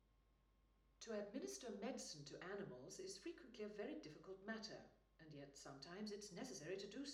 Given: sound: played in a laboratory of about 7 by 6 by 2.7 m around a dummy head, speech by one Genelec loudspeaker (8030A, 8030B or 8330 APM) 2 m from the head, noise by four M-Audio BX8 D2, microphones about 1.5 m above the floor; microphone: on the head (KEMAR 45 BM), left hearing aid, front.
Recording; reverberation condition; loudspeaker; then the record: female speech in English; medium; 60 degrees to the left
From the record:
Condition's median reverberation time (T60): about 510 ms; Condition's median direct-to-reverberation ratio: about -0.5 dB